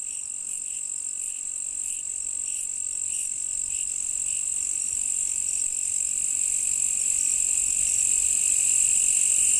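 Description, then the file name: Crickets: a steady high trilling chorus with regular pulsed chirps in the first half, growing slightly louder. "crikets"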